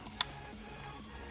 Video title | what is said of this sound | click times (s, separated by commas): BMW M3 rear back up camera install - Part 3 (BimmerTech) | just like that. Make sure it clicks into place. We're good there. | 0.2 s